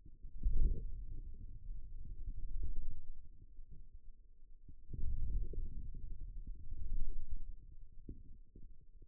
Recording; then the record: forearm muscle sounds (acoustic myography)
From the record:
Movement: wrist extension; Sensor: system 2, bracelet of six BSWA MPA416 microphones around the upper forearm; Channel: 1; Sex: male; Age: 22 years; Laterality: right